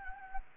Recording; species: mosquito wingbeat signal from an infrared sensor; Anopheles gambiae